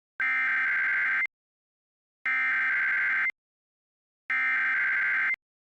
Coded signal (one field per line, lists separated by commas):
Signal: Emergency Alert System (SAME) tones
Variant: header bursts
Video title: IP - REQUIRED WEEKLY TEST CHAOS PT 2 - NO EAS